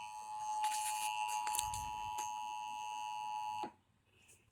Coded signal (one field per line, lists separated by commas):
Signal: Emergency Alert System (SAME) tones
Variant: 853 and 960 Hz attention tone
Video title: Y'ALL KNOW THE DRILL AT THIS POINT. Broadcast Radio/TV EAS: Required Monthly Test (EAS #680-685)